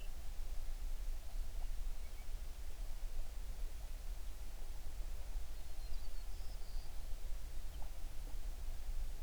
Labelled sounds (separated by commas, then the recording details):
songbird
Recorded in the Prudhoe Bay oil fields, Alaska, on 11 June 2019 at 05:45
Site 21